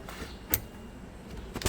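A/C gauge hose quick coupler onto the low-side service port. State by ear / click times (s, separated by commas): seated / 0.5 s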